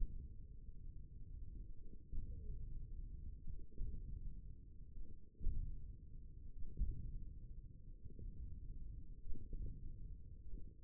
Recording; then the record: forearm muscle sounds (acoustic myography)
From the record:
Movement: hand opening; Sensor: system 1, eight BSWA MPA416 microphones around the upper forearm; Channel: 4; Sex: male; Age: 28 years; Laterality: right